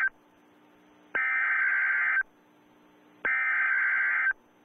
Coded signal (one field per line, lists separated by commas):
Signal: Emergency Alert System (SAME) tones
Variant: header bursts